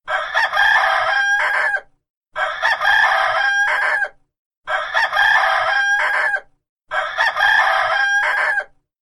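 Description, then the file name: Chicken: rooster crowing: four loud, harsh cock-a-doodle-doo calls, each about two seconds long with a drawn-out ending, separated by short silences. Male (rooster). "rooster"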